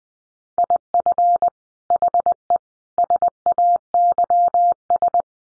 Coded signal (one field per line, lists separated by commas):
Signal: Morse code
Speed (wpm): 20 wpm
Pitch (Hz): 700 Hz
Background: none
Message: IF HE SAYS